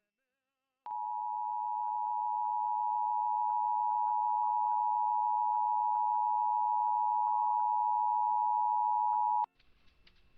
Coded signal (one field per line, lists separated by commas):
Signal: Emergency Alert System (SAME) tones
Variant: 853 and 960 Hz attention tone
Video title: KRCA-TV San Luis Obispo Required Monthly Test (EAS #1226) 9/6/23